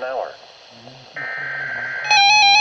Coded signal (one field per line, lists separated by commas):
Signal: Emergency Alert System (SAME) tones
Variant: header bursts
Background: speech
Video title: NOAA WEATHER RADIO: Required Weekly Test 7/10/2019 (EAS #18)